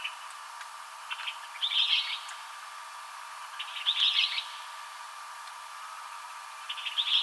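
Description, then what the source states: Western kingbird calls: short, sharp, buzzy chattering bursts every two to three seconds, each led by faint ticks, over a steady background hum. Recorded on 7 July 2007.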